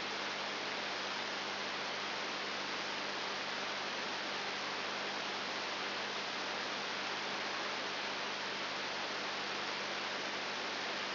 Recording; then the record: brain microelectrode recording played as sound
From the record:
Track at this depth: inside the subthalamic nucleus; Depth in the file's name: 2.902 mm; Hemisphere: left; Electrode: 3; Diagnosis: Parkinson's disease